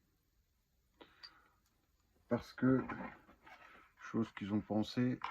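A Wolfgangs fixed-blade outdoor knife is handled near its molded Kydex plastic sheath, with a brief sharp handling sound at about 1.0 s and a soft tap near 3.5 s while someone talks. The knife has not seated or clicked into the sheath yet.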